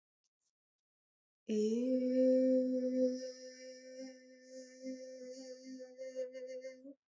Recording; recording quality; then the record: sustained vowel as in made; excellent, no background noise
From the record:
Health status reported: healthy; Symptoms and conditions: none ticked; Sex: female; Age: 22 years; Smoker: not ticked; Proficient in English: yes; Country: India